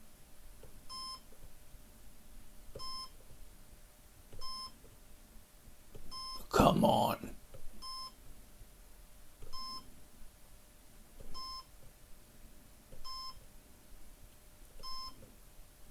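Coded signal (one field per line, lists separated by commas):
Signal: none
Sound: game's beeps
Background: speech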